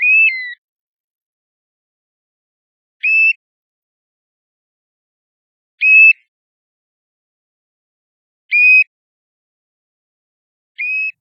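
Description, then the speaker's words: European golden plover flight calls: five short, plaintive whistles, spaced roughly every two and a half to three seconds, over silence. Plaintive 'puu-puu' call given by small groups spiralling down from high in the sky, often heard before seen; autumn migration passage through the Netherlands. "Dit is echt het geluid van de goudplevier."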